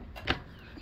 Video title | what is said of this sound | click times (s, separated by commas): EGO 56v brushless chainsaw review and demo | and you got to make sure it clicks all right take it out all you got to do pull it out | 0.3 s